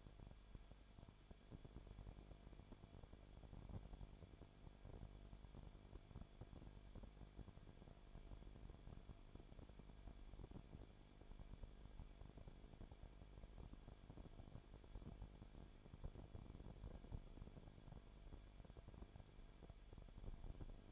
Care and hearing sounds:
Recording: daily activity, microphone in the room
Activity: no activity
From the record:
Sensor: 5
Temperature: 19.8 degrees Celsius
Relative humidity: 33.2%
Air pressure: 1001.4 hPa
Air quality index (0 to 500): 32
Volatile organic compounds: 1 ppm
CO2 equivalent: 526 ppm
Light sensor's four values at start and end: 2/3/1/1 and 2/3/1/1

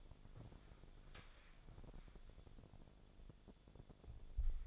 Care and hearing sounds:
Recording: daily activity, microphone in the room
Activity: walk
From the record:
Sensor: 5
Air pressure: 1000.6 hPa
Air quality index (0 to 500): 137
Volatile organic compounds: 2 ppm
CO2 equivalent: 1067 ppm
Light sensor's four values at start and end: 47/109/45/47 and 47/109/45/47

